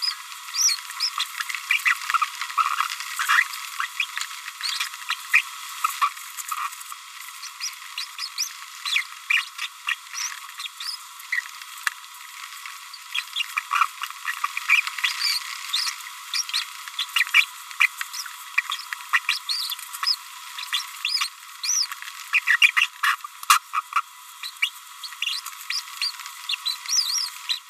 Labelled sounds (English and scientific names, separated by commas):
Green-rumped Parrotlet (Forpus passerinus) babbling